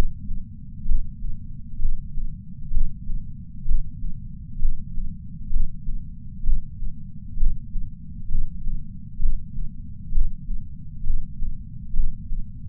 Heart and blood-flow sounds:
heart sounds by patch sensor on the chest; 65 bpm
0.85 s: heartbeat
1.79 s: heartbeat
2.70 s: heartbeat
3.65 s: heartbeat
4.59 s: heartbeat
5.50 s: heartbeat
6.43 s: heartbeat
7.36 s: heartbeat
8.28 s: heartbeat
9.19 s: heartbeat
10.11 s: heartbeat
11.03 s: heartbeat
11.93 s: heartbeat
From the record:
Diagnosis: coronary artery disease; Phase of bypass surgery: preoperative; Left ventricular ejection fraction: 64%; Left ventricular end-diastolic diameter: 46 mm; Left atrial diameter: 41 mm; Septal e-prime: 5 cm/s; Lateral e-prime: 6 cm/s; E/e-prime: 12.5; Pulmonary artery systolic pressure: 30 mmHg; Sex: male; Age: 62 years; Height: 165 cm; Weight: 72 kg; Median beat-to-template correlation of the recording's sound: 0.93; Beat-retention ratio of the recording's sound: 0.99

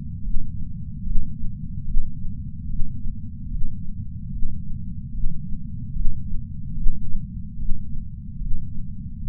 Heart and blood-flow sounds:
heart sounds by patch sensor on the chest; 73 bpm
0.21 s: heartbeat
1.02 s: heartbeat
1.84 s: heartbeat
2.66 s: heartbeat
3.48 s: heartbeat
4.29 s: heartbeat
5.11 s: heartbeat
5.92 s: heartbeat
6.73 s: heartbeat
7.55 s: heartbeat
8.37 s: heartbeat
9.19 s: heartbeat
From the record:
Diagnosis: coronary artery disease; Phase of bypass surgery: intraoperative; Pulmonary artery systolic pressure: 14 mmHg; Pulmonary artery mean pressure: 10 mmHg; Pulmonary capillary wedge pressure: 9 mmHg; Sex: female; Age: 74 years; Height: 160 cm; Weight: 64 kg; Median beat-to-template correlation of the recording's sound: 0.90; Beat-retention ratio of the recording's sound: 0.99

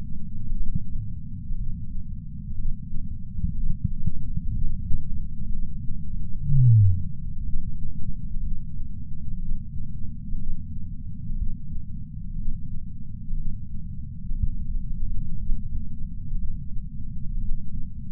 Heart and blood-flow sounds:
heart sounds by patch sensor on the chest; 61 bpm
0.55 s: heartbeat
1.55 s: heartbeat
2.54 s: heartbeat
3.53 s: heartbeat
4.51 s: heartbeat
5.48 s: heartbeat
6.44 s: heartbeat
7.42 s: heartbeat
8.40 s: heartbeat
9.38 s: heartbeat
10.36 s: heartbeat
11.35 s: heartbeat
12.35 s: heartbeat
13.34 s: heartbeat
14.35 s: heartbeat
15.35 s: heartbeat
16.36 s: heartbeat
17.38 s: heartbeat
From the record:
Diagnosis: coronary artery disease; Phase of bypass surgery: preoperative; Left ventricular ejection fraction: 61.9%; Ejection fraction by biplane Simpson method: 50.3%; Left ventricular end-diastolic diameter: 48 mm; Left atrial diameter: 41 mm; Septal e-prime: 7.5 cm/s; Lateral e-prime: 8.4 cm/s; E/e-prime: 8.7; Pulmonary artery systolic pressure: 21 mmHg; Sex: male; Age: 71 years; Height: 162 cm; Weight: 75 kg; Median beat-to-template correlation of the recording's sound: 0.81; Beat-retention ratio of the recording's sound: 0.97

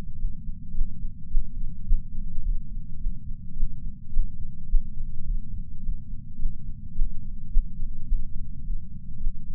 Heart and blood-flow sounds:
heart sounds by patch sensor on the chest; 106 bpm
0.17 s: heartbeat
0.73 s: heartbeat
1.29 s: heartbeat
1.85 s: heartbeat
2.42 s: heartbeat
2.99 s: heartbeat
3.55 s: heartbeat
4.11 s: heartbeat
4.67 s: heartbeat
5.24 s: heartbeat
5.81 s: heartbeat
6.37 s: heartbeat
6.93 s: heartbeat
7.49 s: heartbeat
8.06 s: heartbeat
8.63 s: heartbeat
9.19 s: heartbeat
From the record:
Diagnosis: coronary artery disease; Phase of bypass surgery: postoperative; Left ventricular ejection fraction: 54.7%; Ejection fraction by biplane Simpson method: 51.3%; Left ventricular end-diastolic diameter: 46 mm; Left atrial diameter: 45 mm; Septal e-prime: 5.3 cm/s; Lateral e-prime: 7.1 cm/s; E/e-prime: 10.6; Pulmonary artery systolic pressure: 26 mmHg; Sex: male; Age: 58 years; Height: 182 cm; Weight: 89 kg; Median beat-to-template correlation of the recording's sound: 0.72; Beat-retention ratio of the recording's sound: 0.99

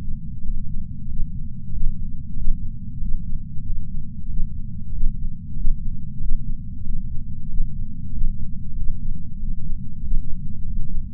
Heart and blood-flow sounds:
heart sounds by patch sensor on the chest; 94 bpm
0.43 s: heartbeat
1.07 s: heartbeat
1.71 s: heartbeat
2.35 s: heartbeat
2.99 s: heartbeat
3.63 s: heartbeat
4.27 s: heartbeat
4.91 s: heartbeat
5.55 s: heartbeat
6.19 s: heartbeat
6.84 s: heartbeat
7.48 s: heartbeat
8.11 s: heartbeat
8.75 s: heartbeat
9.38 s: heartbeat
10.01 s: heartbeat
10.64 s: heartbeat
From the record:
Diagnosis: coronary artery disease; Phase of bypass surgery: postoperative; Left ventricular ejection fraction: 63.8%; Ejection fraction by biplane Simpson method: 63.7%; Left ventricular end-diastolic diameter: 46 mm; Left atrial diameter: 36 mm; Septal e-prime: 6 cm/s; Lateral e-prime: 8.7 cm/s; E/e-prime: 11.2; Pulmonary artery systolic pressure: 20 mmHg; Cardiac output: 4.6 L/min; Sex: male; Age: 58 years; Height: 170 cm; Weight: 80 kg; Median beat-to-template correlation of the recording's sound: 0.85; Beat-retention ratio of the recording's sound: 0.99

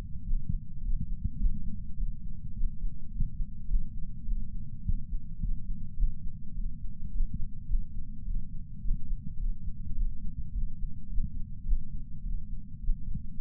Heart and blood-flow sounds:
heart sounds by patch sensor on the chest; 105 bpm
0.25 s: heartbeat
0.82 s: heartbeat
1.40 s: heartbeat
1.98 s: heartbeat
2.55 s: heartbeat
3.12 s: heartbeat
3.69 s: heartbeat
4.26 s: heartbeat
4.84 s: heartbeat
5.41 s: heartbeat
5.97 s: heartbeat
6.55 s: heartbeat
7.12 s: heartbeat
7.69 s: heartbeat
8.25 s: heartbeat
8.83 s: heartbeat
9.39 s: heartbeat
9.96 s: heartbeat
10.53 s: heartbeat
11.10 s: heartbeat
11.66 s: heartbeat
12.24 s: heartbeat
12.81 s: heartbeat
13.38 s: heartbeat
From the record:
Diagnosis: coronary artery disease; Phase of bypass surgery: postoperative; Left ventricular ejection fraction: 62.1%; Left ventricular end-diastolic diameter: 45 mm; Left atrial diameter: 33 mm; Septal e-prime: 6.9 cm/s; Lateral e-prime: 10.6 cm/s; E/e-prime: 10.6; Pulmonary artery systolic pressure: 22 mmHg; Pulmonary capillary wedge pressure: 8 mmHg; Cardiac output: 5.1 L/min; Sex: female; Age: 52 years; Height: 163 cm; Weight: 80 kg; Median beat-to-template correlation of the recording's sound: 0.72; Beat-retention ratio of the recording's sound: 0.98

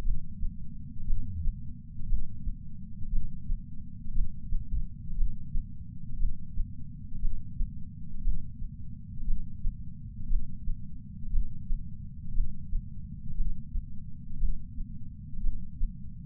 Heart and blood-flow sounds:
heart sounds by patch sensor on the chest; 59 bpm
0.04 s: heartbeat
1.06 s: heartbeat
2.08 s: heartbeat
3.11 s: heartbeat
4.14 s: heartbeat
5.16 s: heartbeat
6.18 s: heartbeat
7.20 s: heartbeat
8.23 s: heartbeat
9.26 s: heartbeat
10.29 s: heartbeat
11.31 s: heartbeat
12.34 s: heartbeat
13.36 s: heartbeat
14.39 s: heartbeat
15.42 s: heartbeat
From the record:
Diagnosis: coronary artery disease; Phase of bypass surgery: intraoperative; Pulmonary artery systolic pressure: 38 mmHg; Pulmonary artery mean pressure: 23 mmHg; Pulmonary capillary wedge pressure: 11 mmHg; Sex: male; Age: 74 years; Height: 175 cm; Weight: 66 kg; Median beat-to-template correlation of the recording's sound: 0.93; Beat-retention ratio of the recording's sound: 0.98

